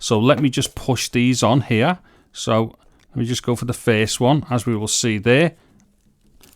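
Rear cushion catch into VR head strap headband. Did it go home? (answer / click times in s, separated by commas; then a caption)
yes / 6.4 s, 6.5 s. Someone talks for most of the clip while a rear cushion pad's plastic catch is pushed onto a mount on the back of an Oculus Quest 2 VR head strap headband with built-in headphones. After the talking stops, faint handling sounds are followed by two short clicks at 6.4 s and 6.5 s as the catch clicks into place and seats.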